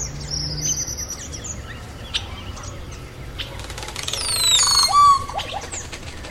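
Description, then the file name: Crested oropendola giving a rattling burst and a gliding, downward liquid note near the end, after scattered chirps and high whistles from other birds. "Psarocolius decumanus"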